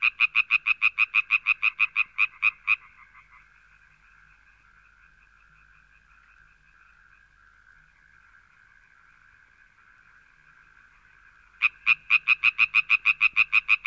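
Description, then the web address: Frog croaking in a fast series of raspy pulses, then a long, much quieter stretch, before the loud rhythmic croaks start again near the end. "audio animali rane rana frog"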